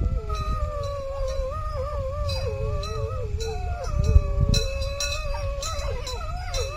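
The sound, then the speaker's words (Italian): A recorded wolf howl played outdoors on a promontory, near a cow enclosure: long, wavering tonal howls that rise and fall in pitch, several overlapping voices sustained throughout, over a steady low rumble. “I ragazzi emetteranno un ululato registrato.”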